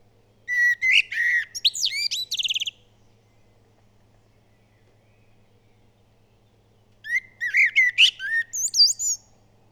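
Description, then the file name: Common blackbird singing two phrases with a pause of about four seconds between them, each opening with mellow warbled whistles and ending in thin high notes. "Turdus merula"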